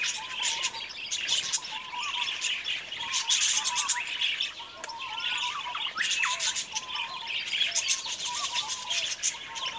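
Many budgerigars chatter nonstop, sharp clicks and chirps in dense bursts, with short curved whistles mixed in.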